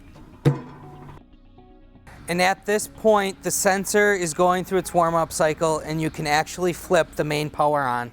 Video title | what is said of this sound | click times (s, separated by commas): MBW Vapor Extraction Unit (VEU) Overview & Training | if inserted properly you will hear a click and that is the o-ring ceiling | 0.5 s